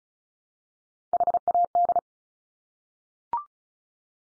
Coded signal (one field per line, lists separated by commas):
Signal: Morse code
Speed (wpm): 34 wpm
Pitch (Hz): 700 Hz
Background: none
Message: HAD